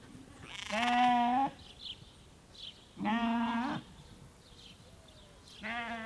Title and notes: marnach, farmstead with sheeps. On the backyard of a small farmstead. A small group of sheeps standing close together blaaing plus the sound of the vivid sparrows from a tree bush nearby